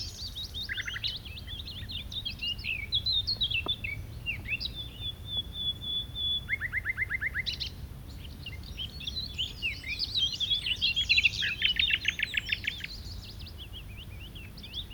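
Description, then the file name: Common nightingale: songbird singing long, varied phrases: a sustained pure whistle, rapid repeated rattling notes, and dense chattering passages, with constant low background noise. "Luscinia megarhynchos"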